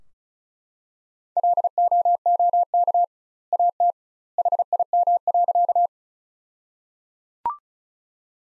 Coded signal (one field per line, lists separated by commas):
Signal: Morse code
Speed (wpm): 34 wpm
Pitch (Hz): 700 Hz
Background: none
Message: LOOK AT HIM.